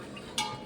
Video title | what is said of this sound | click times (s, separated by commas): how to repair new model camot #repair #maintenance | ये दबा देंगे ये टक करके बैठ | 0.4 s